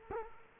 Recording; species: mosquito wingbeat signal from an infrared sensor; Culex quinquefasciatus